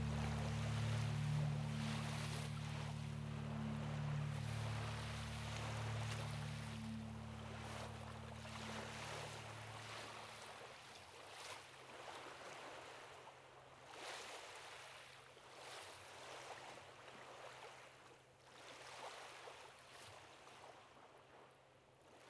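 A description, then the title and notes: A mellow bass plays slow, low notes over Lake Michigan waves for the first ten seconds, then falls silent. The waves keep going throughout as a steady hiss and wash, with surges breaking every couple of seconds. This song is a mellow Bass solo with some peaceful and relaxing Lake Michigan waves for accompaniment.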